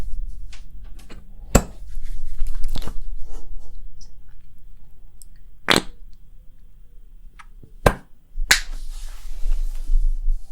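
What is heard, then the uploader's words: Scalp massage and hair wash sounds: a low, steady rumble underneath with scattered soft crackles and squishy rubbing. Sharp bright bursts stand out near 1.5, 2.8, 5.7, 7.9 and 8.5 seconds, the last trailing into a brief hiss. ASMR Cozy Scalp Treatment, Massage + Hair Wash for Sleep ~ personal attention roleplay.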